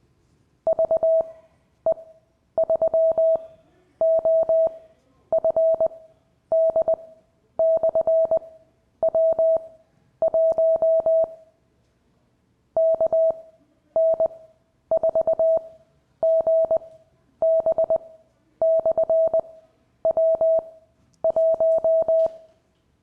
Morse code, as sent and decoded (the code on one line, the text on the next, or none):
...- . ...-- --- ..-. -.. -..-. .-- .---- / -.- -. ....- --. -... -..-. .-- .----
VE3OFD/W1 KN4GB/W1